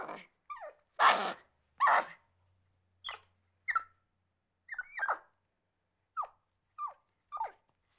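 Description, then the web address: Capuchin monkey: a couple of short calls, then two loud, rasping screams, followed by several thin, downward-sweeping squeaks. Angry calling. "monkey capuchin mad"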